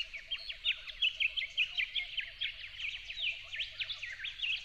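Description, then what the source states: Yellow-faced honeyeater song, a steady rush of sharp, bouncy chirps over a lower, evenly repeated call. At dawn, dated 08/01/12.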